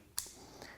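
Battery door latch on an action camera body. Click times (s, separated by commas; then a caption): 0.2 s. The plastic sliding tab on the battery/side door of a VanTop Moment 3 action camera is pushed to the open position; the tab itself gives no click, but once it is free the door springs up with good tension. A sharp snap at 0.2 s is the door popping open, followed by a softer tap near 0.6 s. The battery door is released.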